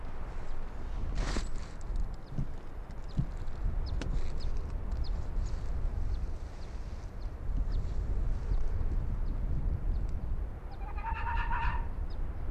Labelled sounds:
Arctic Fox
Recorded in the wild
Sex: female
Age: adult
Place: Insel Mednyi, Kommandeur-Inseln, RU
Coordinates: 54.5167, 168.083
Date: 1999-08-09 20:35
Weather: 14°C, hervorragende Sicht, leichter Wind
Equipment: Sony WM-D6C, Sennheiser ME 80, K 30 AV, Windkorb, Kopie Tascam DA 30
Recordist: Jakupi, Antje

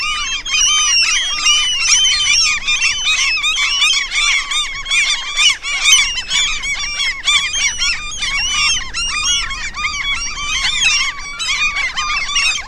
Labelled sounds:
Common Gull call
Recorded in the wild
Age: adult
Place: Halbinsel Kindo, Karelien, RU
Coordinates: 66.5367, 33.0611
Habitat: taiga
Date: 1994-06-23 15:43
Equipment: Sony TCD-D3, Sennheiser ME 80, K 30 AV (II), Windschutz
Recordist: Frommolt, Karl-Heinz

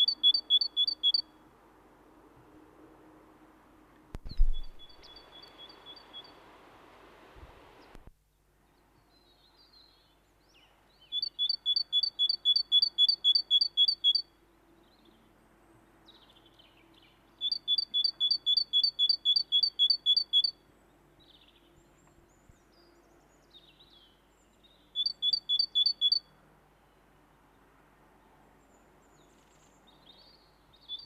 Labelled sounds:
Great Tit song
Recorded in the wild
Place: Garmisch-Partenkirchen, Bayern, DE
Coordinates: 47.4919, 11.0956
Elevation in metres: 704
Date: 1971-04-08
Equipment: Nagra IV, Sennheiser MKH 405
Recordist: Tretzel, Erwin
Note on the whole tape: Garmisch-Partenkirchen: Gesang "hül"

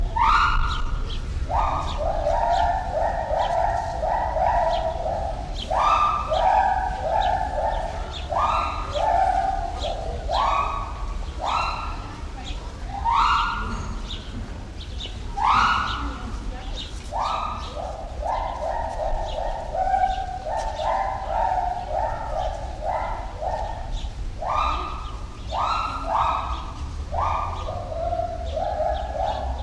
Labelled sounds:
Pileated Gibbon
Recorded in captivity
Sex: pair
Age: adult
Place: Zoo Berlin, Berlin, DE
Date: 1993-07-17 10:57
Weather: 20-22 °C, heiter-wolkig
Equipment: Marantz CP 430, Sennheiser ME 80, Kopie Uher Variocord 263
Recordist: Tembrock, Günter

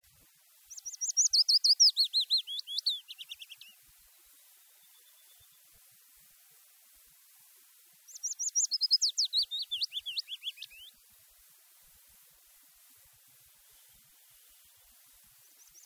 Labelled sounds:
Willow Warbler song
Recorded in the wild
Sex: male
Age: adult
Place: Erlangen, Bayern, DE
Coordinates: 49.6103, 10.9897
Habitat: heath
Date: 1967-05-10
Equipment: Vollspur, Original
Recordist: Tretzel, Erwin

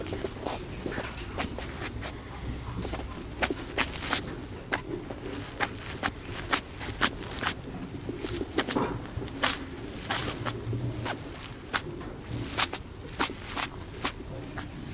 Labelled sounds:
West European Hedgehog
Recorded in captivity
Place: Tierpark Görlitz, Sachsen, DE
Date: 1988-02-24 10:51
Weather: overcast, ca. 0°C
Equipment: Nagra SN
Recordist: Tembrock, Günter

